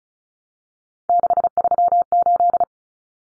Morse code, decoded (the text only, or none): 638